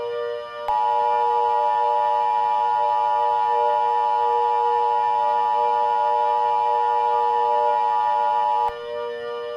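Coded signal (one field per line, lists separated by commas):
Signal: Emergency Alert System (SAME) tones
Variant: 853 and 960 Hz attention tone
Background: music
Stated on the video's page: Fictional scenario alert based on the film A Quiet Place Part II, a prediction of hypothetical alerts.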